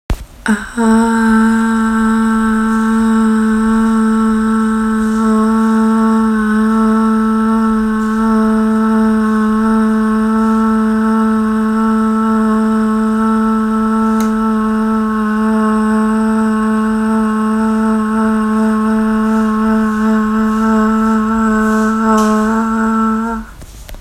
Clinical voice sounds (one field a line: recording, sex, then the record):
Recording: sustained vowel /a/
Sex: female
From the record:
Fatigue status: no fatigue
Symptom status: asymptomatic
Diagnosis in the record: COVID-19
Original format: m4a